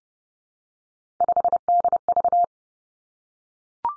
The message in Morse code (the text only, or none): 5DV